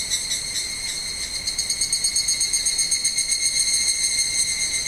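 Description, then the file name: Evening cicada song, a steady stream of ringing, metallic pulses repeating about four times per second with a bright tonal quality throughout. "Higurashi"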